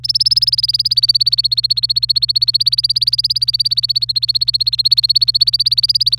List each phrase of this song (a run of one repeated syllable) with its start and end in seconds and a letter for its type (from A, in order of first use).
0.04-6.19 A